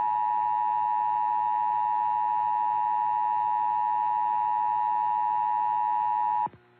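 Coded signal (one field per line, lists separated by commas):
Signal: Emergency Alert System (SAME) tones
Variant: 853 and 960 Hz attention tone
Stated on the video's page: Emergency Alert System weekly and monthly test alerts.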